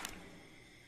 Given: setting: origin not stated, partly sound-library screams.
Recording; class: one-second piece from a danger detection set; normal situation